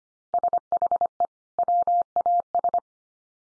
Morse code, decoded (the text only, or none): SHE WAS